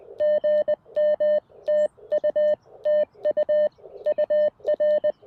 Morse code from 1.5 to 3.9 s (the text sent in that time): TU TU